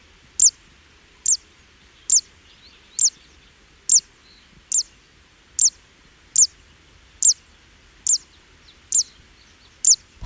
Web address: fantailedwarbler